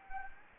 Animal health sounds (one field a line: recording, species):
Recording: mosquito wingbeat signal from an infrared sensor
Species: Anopheles gambiae